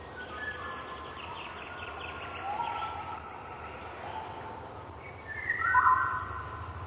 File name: ivolga obiknovennaya oriolus oriolus